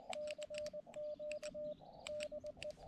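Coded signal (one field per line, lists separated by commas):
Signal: Morse code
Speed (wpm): 20 wpm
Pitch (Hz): 600 Hz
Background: none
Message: CQ DE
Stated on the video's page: Morse from SOTA summit activations in Arizona's White Mountains.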